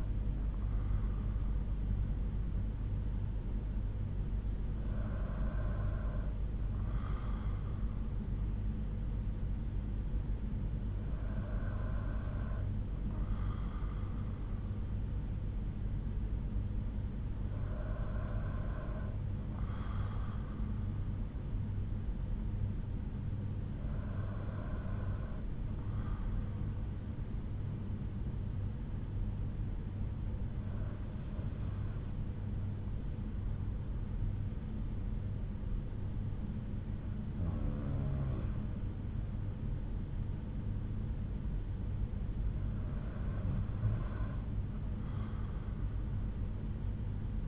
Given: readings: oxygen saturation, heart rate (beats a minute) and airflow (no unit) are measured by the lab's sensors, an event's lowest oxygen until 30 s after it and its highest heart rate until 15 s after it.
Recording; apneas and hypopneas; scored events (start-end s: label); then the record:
breathing in sleep by a smartphone at the bedside; none
none scored
From the record:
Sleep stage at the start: N2 (light sleep); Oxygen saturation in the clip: 93 to 94%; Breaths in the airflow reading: 7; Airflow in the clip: -4.0 to 3.5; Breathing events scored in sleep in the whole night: 368 in 8.0 hours asleep